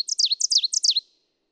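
Ovenbird song: loud, evenly repeated two-part phrases, each a high note dropping into a lower swoop, a few in about one second.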